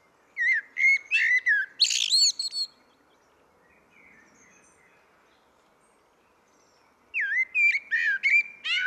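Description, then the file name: Common blackbird song: a fluty whistled phrase with a squeaky high ending, several seconds of near silence, then another warbled phrase starts. "Turdus merula"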